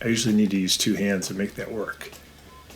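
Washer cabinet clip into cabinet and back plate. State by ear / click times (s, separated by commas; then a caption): not seated / none. Someone talks while handling the plastic cabinet clip on a Whirlpool direct-drive washer that overfills, a clip that gets hooked onto the back plate and pushed down with both hands until it clicks into the cabinet. The talk fills most of the clip and then fades to quiet background near the end. Nothing has seated or clicked yet.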